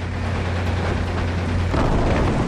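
Cannons of the warship Enterprise (the Big E) fire at an incoming kamikaze plane, which is quickly shot down: a dense, continuous roar of booming gunfire over a low rumbling drone, swelling slightly louder toward the end, with no voices.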